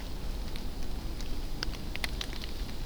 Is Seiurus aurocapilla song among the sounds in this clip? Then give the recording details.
no. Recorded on 24 June 2016 at 08:34. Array SBT-6-76